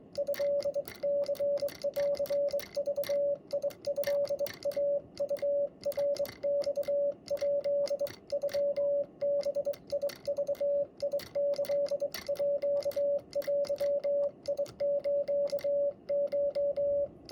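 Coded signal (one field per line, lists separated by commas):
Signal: Morse code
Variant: Japanese Wabun code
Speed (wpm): 23 wpm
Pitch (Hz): 570 Hz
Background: radio noise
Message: トニングトイウナマヱ ノバグキーデスコ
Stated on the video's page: Japanese Morse code sent on a Vibroplex Lightning Bug bug key with a square weight.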